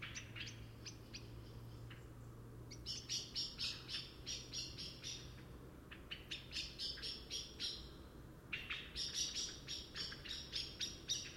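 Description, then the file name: Common blackbird calls: bursts of rapid, sharp chinking notes, stopping and starting several times, over a low steady hum. "Turdus merula"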